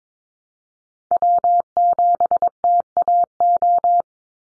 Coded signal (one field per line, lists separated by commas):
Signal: Morse code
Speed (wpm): 22 wpm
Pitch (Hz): 700 Hz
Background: none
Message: W7TAO